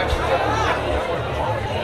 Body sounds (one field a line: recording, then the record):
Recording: background sound without coughing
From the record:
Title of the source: CITY SOUNDS Busy Bar in the Evening Night - 2 HOURS of Ambiance for Relaxation